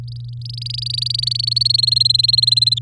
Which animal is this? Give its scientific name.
Serinus canaria